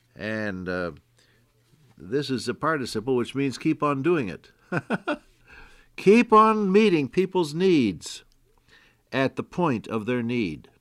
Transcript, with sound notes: and this is a participle, which means keep on doing it, [chuckle] keep on meeting people’s needs at the point of their need.